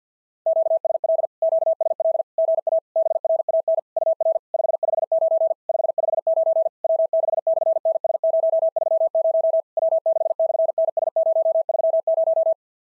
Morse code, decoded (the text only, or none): QSL QSL GA BRAN UR 559 559 W6/NS030 W6/NS030